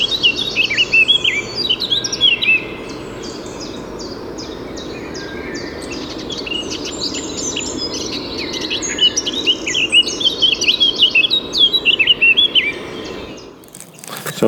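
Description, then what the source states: Eurasian blackcap song: bright fluty warbled phrases at the start and again later, with softer twittering between, over low background noise, ending in a sharp knock. Singing very actively during a walk; bird not seen; recorded with a highly directional parabolic microphone.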